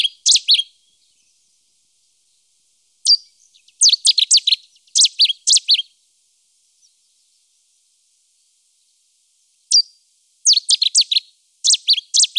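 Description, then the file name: Cetti's warbler song: loud, abrupt phrases of several clipped high notes, delivered in short bursts with pauses between, and no other clear sounds. "bouscarle de cetti"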